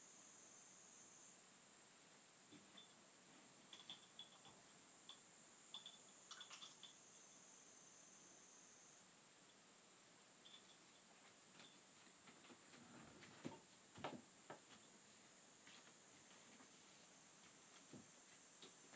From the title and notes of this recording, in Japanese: 田舎の夕方。トーク無し.音のみ.イヤフォン推奨(中〜大).生活音。